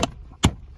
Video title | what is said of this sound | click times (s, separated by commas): 2003 MINI Cooper S: The correct way to replace the cabin air filter | All you have to do is just push this until it clicks. | 0.4 s